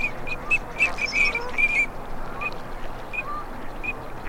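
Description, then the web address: Duck calls: a quick burst of clipped whistled notes, then sparser single notes, with constant background hiss. Male and female migratory ducks. "Male and female migratory ducks. صدای-مرغابی-های-مهاجر-نر-و-ماده"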